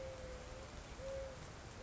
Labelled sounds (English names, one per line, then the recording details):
Mourning Dove
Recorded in Sonoma County, California